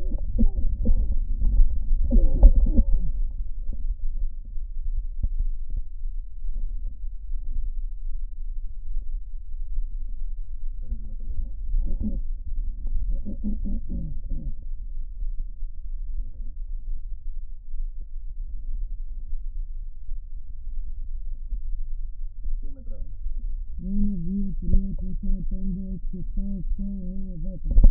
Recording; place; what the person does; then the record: lung sounds by stethoscope; left posterior apical chest; quiet breathing, then cough and speech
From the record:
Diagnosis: pulmonary infection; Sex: female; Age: 74 years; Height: 160 cm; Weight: 66 kg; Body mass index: 25.8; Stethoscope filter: diaphragm mode